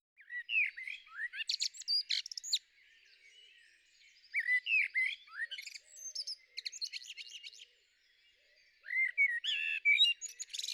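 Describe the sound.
Common blackbird song in three bursts of mellow warbling notes followed by squeaky high twittering, separated by short silent gaps.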